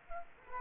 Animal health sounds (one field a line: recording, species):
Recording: mosquito wingbeat signal from an infrared sensor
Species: Culex quinquefasciatus